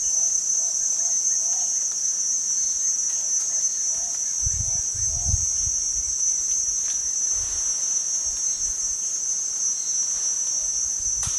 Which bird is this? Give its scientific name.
Stephanoaetus coronatus